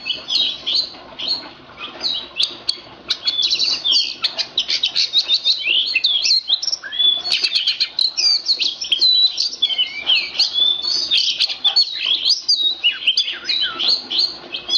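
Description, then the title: Magpie-robin song, fast high chattering and rattling trills mixed with slurred whistles, sustained throughout. Kacer poci form; national champion competition bird, singing vigorously in nembak (shooting) and ngerol (rolling) styles; seven kinds of song every three minutes. "Kacer Poci Gacor Nembak Dan Ngerol Juara Nasional. 7 macam suara kacer setiap 3 menit"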